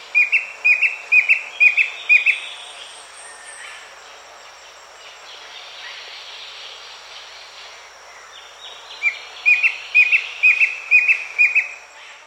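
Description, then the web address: Klages's antwren song: a quick run of several clear, short whistled notes, given twice with a long pause between. South America. "Natures Songs S America Klage's Antwren"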